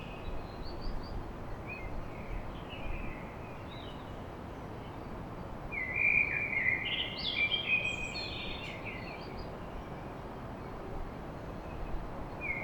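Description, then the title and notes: Common blackbird song, a quiet start with soft twitters, then a loud fluted phrase with a squeaky flourish midway, low background rumble throughout. Recorded at dawn in Paris. "Blackbird Poetry At Paris On. Enregistrement d'un chant de merle à l'aube dans Paris"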